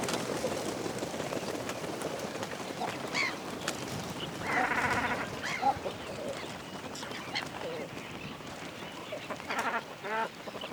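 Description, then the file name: Cormorant calls: a few hoarse, croaking bursts, one harsh rasping burst standing out, over a steady rushing background. Cormorants at a nest, taking off, in mono. "Animals Cormorants Nest Take Off Mono"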